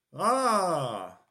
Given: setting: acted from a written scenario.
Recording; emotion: vocal sound without words; triumph